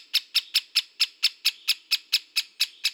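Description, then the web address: Great spotted woodpecker giving many sharp, clicking kik calls in a quick, steady series, each note short and abrupt, with a quiet background. Recorded in Slovenia. "Dendrocopos major"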